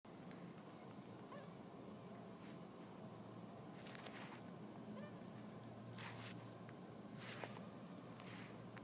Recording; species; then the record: mosquito flight sound by mobile phone; Anopheles gambiae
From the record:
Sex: female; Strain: Kisumu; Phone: iPhone 4S